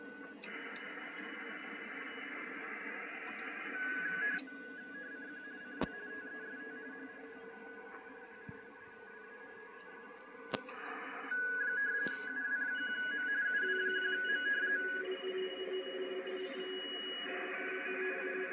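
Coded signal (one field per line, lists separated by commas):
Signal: RTTY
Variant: 45 baud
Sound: warbling two-tone teleprinter chatter from several stations, with clicks and hiss between transmissions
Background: radio static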